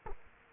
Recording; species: mosquito wingbeat signal from an infrared sensor; Culex quinquefasciatus